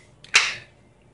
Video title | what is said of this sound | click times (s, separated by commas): Demo of HALESTORM CUSTOM KYDEX sheaths | there's our click this one has two custom belt loop because they just wanted a standard hip carry knife | 0.2 s, 0.4 s